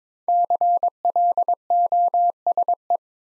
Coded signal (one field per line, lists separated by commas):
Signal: Morse code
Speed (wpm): 21 wpm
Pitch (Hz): 700 Hz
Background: none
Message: CLOSE